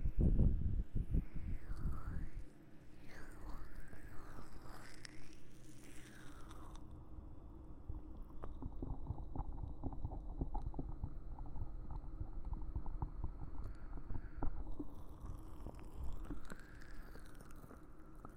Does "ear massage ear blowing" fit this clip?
yes